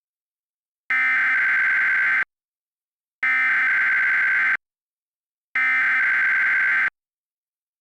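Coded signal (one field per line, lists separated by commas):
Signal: Emergency Alert System (SAME) tones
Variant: header bursts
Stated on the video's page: Fictional EAS scenario about an Arkansas Nuclear One explosion; simulated alert.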